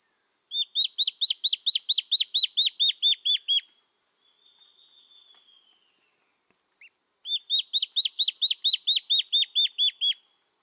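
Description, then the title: Black-faced antbird song, two long series of high, clipped downward-slurred notes repeated steadily, separated by a quiet gap with one faint single note. Subspecies ochrolaemus, assumed from location. "LuckyPassaro Completos2Sama. Black-faced Antbird (Myrmoborus myotherinus ochrolaemus (ssp assumed from location))"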